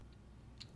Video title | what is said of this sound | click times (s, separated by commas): Ulanzi F38 Backpack Strap Clip Version 2 Review | you can hear a click as the top retainer snaps into place this is a subtle but helpful improvement over the first version | 0.6 s